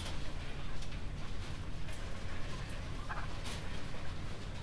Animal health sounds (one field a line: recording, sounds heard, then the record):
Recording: poultry house recording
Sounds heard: healthy chickens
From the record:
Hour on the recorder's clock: 21